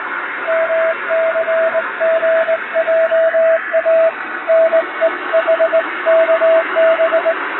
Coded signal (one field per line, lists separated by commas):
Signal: Morse code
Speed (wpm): 20 wpm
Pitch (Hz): 650 Hz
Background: radio noise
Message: MCGJA NEHKB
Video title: 昭和の懐かしいモールス短波通信！縦振り電鍵で打つモールス電報！気持ち良い音色です。ノイズとフェージングを加えています。アマチュア無線の受信トレーニングにどうぞ morse code practice